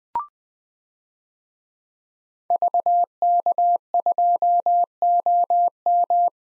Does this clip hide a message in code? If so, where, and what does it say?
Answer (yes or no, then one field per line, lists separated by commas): yes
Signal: Morse code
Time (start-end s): 2.5-6.3 s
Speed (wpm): 20 wpm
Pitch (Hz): 700 Hz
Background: none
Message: VK2OM